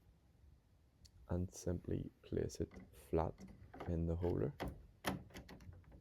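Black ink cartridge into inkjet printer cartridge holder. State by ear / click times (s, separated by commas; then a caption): seated / 5.5 s. A black ink cartridge is laid flat in the cartridge holder of an Epson WF-2910 inkjet printer and pressed until it locks. Someone talks while it goes in, and the cartridge clicks into place at 5.5 seconds, seated.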